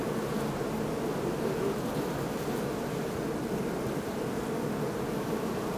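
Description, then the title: Honey bees droning together, an unbroken low buzzing hum that stays constant throughout under soft background hiss. Hum of hundreds of bees at beehives in a botanical garden in Oldenburg; recorded on a Sony PCM-D50. "Botanischer Garten Oldenburg - bee hive"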